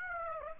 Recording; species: mosquito wingbeat signal from an infrared sensor; Aedes aegypti